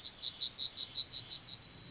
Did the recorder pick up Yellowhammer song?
yes